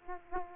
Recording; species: mosquito wingbeat signal from an infrared sensor; Aedes aegypti